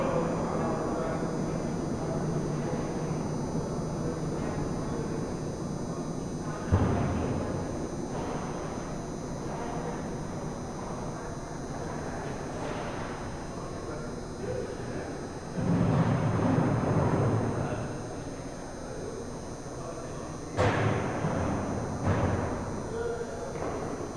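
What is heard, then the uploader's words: At Snowdon station, a steady low rumble of machinery and murmuring voices fills the air, with sudden thuds around 7, 16 and 21 seconds. Lingering At Snowdon Station. I frequently find myself on the blue line at this station.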